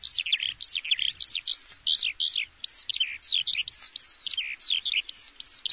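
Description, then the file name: Eurasian skylark song, a rapid, unbroken stream of high twittering, trilled and slurred notes with quick rising and falling phrases and hardly any pause. "Alouette des champs"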